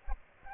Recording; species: mosquito wingbeat signal from an infrared sensor; Culex pipiens